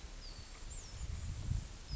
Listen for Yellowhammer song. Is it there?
no